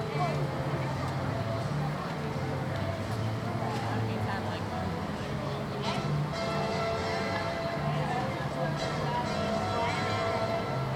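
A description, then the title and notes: Crowd noise at Universal Studios Florida: a dense, steady murmur of many overlapping voices with no pauses. Low humming tones and a faint vehicle-like rumble sit underneath, while brief brighter clatters and clicks pop up now and then, near six and eight seconds. A Day at Universal Studios Florida. On this week's show we play audio from the Universal Studios Florida theme park. Listen as you hear us walk the park as we journey from attraction to attraction.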